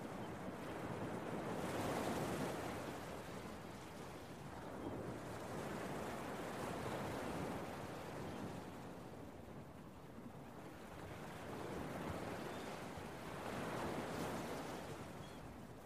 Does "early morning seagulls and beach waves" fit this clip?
yes